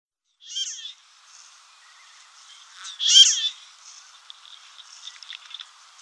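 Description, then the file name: Marbled duck calls: nasal, squeaky notes, one short at the start and a louder harsh one midway, with faint chatter continuing between. "cerceta pardilla"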